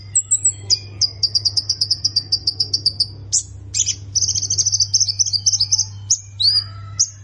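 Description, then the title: Plain prinia song: quick rhythmic high chips forming a trill, pauses, then a denser buzzy run and a few sweeping notes, over a steady low hum. "Ciblek Sawah"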